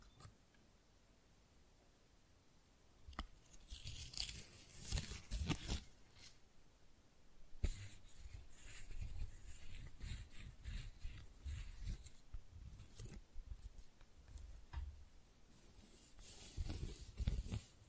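Tingly flower sounds: after about three quiet seconds, crisp crinkling and crunching begins, like petals and stems being handled or snipped. Sharp clicks land near 3 and 7.5 seconds, then dense, bright rustling continues in uneven bursts, swelling again toward the end.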